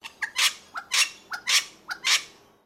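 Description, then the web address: Wattlebird harsh call, four loud raspy squawks, each preceded by a short click-like note, repeated about every half second. "Sound Effects-Foundation 1 BIRD WATTLE BIRD CALL"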